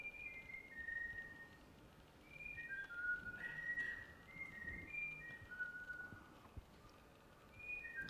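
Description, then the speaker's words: Eurasian bullfinch whistling a tune of pure, flute-like notes that step up and down between phrases, with short pauses and a soft background hiss. Captive bullfinch taught by a person, halfway through its training; has not yet perfected its tunes and makes a mistake. "So this is Jürgen with the bullfinch, which is halfway through its training. So it hasn't perfected its tunes yet."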